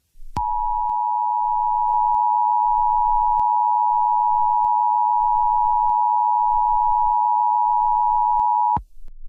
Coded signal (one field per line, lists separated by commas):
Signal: Emergency Alert System (SAME) tones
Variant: 853 and 960 Hz attention tone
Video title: EAS Scenario- The BloxWatch